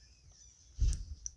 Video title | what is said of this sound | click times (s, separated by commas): 35th anniversary megatron | Fold that all the way around. Make sure it snaps in place, and you got something like that. | 1.3 s